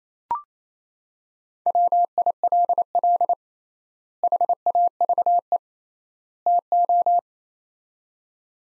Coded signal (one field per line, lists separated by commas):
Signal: Morse code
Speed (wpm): 28 wpm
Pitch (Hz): 700 Hz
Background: none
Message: WILL HAVE TO